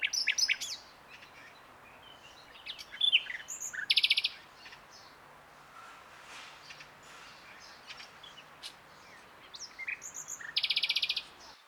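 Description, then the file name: Common nightingale song in short separated phrases: whistled notes, a fast buzzy trill near four seconds and another at the end, with quiet gaps between. "Luscinia megarhynchos"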